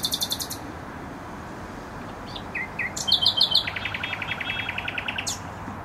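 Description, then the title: Nightingale song: a brief fast trill, a few soft notes, then a loud burst merging into a rapid repeated sequence, with steady traffic roar beneath. Singing in bushes close to a noisy motorway, Trasa Toruńska, Bródno-Podgrodzie, Warsaw, Poland; recorded on an Olympus LS-11. "Bródno-Podgrodzie, Warszawa, Polska - Trasa Toruńska Nightingale"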